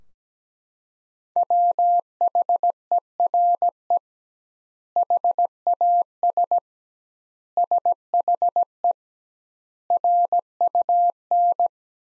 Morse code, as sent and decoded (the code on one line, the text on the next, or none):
.-- .... . .-. . / .... .- ... / ... .... . / .-. ..- -.
WHERE HAS SHE RUN